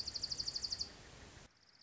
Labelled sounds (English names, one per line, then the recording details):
Dark-eyed Junco
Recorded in Sonoma County, California